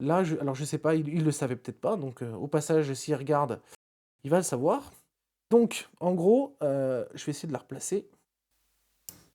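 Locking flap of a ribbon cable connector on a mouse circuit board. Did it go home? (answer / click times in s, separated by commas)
yes / 9.1 s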